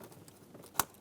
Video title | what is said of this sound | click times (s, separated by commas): How to Replace Mass Air Flow Sensor 2007-2015 Mazda CX-9 | plug in our connection until we hear a click, and | 0.8 s